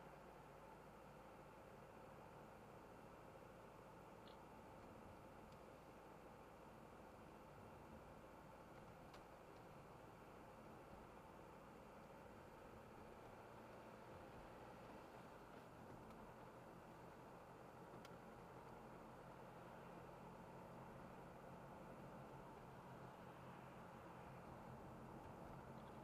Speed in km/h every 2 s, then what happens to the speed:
40, 40, 40, 40, 39, 39, 41, 45, 45, 47, 49, 48, 48.
0-10 steady at about 40. 10-20 speeds up to 49. 20-26 steady at about 48.